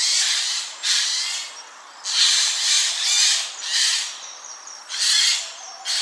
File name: Garrulus glandarius